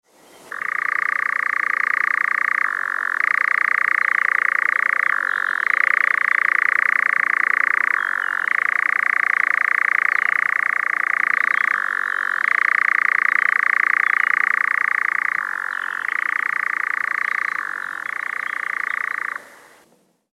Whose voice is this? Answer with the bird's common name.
Eurasian Nightjar